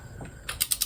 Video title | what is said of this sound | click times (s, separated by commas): 1999 Saturn SC1 1.9L SOHC - Oil In Coolant - New Head Installed - Part 3 | until it clicks that clicked | 0.6 s